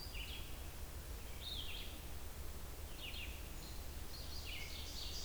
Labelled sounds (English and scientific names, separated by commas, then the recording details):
Red-eyed Vireo (Vireo olivaceus) song
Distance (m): 95 m
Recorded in boreal forest in Alberta, Canada, on 28 June 2016 at 07:46
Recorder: SongMeter 3, array SBT-6-79
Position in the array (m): 107 m, 211 m